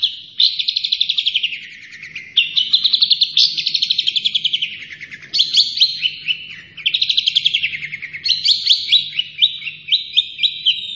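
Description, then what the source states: Long-tailed shrike song, a continuous run of scratchy, chattering high phrases with trills and abrupt shifts in pitch, delivered with almost no pause. Singing vigorously, described as gacor.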